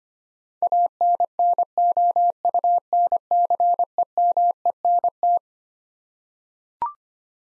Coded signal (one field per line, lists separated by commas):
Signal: Morse code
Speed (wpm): 25 wpm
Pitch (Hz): 700 Hz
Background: none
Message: ANNOUNCEMENT